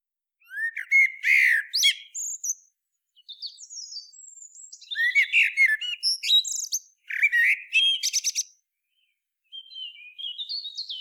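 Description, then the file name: Common blackbird song: bursts of varied warbled phrases with squeaky, twittering high notes, separated by short pauses; no other clear sounds. "Turdus merula"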